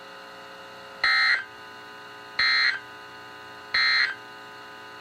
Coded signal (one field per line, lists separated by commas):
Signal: Emergency Alert System (SAME) tones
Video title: EAS #697-#715: YES, BUILD A BOAT! | KHB36 & KEC83